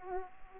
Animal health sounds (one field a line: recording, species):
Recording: mosquito wingbeat signal from an infrared sensor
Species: Aedes aegypti